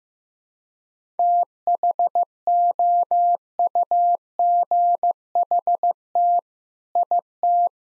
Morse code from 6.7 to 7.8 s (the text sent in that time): IT